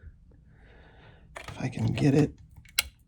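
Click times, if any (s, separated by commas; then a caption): 2.8 s. A Micarta scale is squeezed in a vise onto the rivets of a 58 mm custom Swiss Army pocket knife while someone talks, followed by a sharp click at 2.8 s. Only part of the scale pops into place, and it still sits a bit high.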